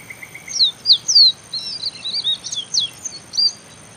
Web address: Copper seedeater. صدای-پرنده-دانه-خوار-مسی